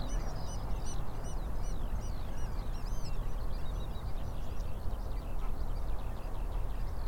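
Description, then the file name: Eurasian oystercatchers calling excitedly, shrill piping notes tumbling over one another in a busy stream, with constant low-frequency noise underneath. Several birds recorded at the Rye Harbour river mouth on 9 May 2022. "220509 0057 Rye Harbour river mouth Oystercatchers"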